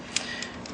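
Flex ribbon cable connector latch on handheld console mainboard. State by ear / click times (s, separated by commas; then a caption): seated / 0.2 s. A small plastic locking flap on a flex ribbon cable connector on a PSP 2000 handheld console mainboard is closed and pressed down after the ribbon cable is inserted, clamping the cable in place. A short, sharp tick is heard at 0.2 s, with two fainter ticks at about 0.4 s and 0.7 s. The latch clamps shut and the cable is locked and seated.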